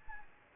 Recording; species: mosquito wingbeat signal from an infrared sensor; Anopheles gambiae